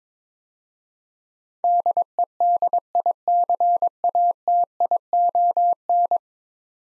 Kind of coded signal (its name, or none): Morse code